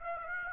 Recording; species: mosquito wingbeat signal from an infrared sensor; Aedes aegypti